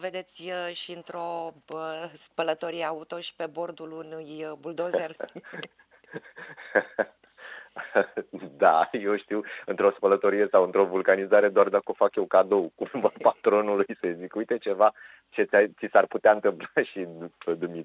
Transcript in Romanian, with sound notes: vedeți și într-o spălătorie auto, și pe bordul unui buldozer? (Râde.) Da, eu știu, într-o spălătorie sau într-o vulcanizare doar dacă o fac eu cadou patronului, să-i zic „Uite ceva ce ți s-ar putea întâmpla și ție”.